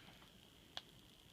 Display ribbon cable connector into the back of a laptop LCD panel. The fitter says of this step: here a little click